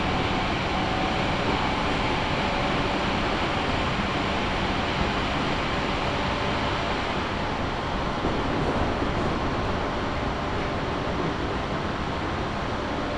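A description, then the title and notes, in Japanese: A local train on the Chuo West Line runs steadily, a dense, even rumble and rushing roar with faint tonal whines and no distinct events. 中央西線 普通 中津川→十二兼。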